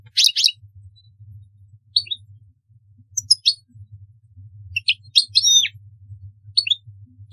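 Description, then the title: European goldfinch song: scattered short twittering and tinkling phrases of varied high notes, broken by brief pauses, over a low background hum. "Chant Chardonneret"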